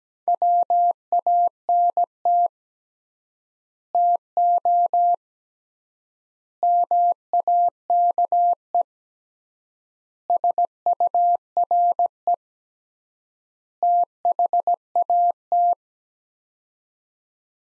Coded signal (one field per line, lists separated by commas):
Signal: Morse code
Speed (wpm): 17 wpm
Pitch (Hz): 700 Hz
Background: none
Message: WANT TO MAKE SURE THAT